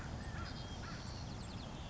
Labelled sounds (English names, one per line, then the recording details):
Savannah Sparrow
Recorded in Sonoma County, California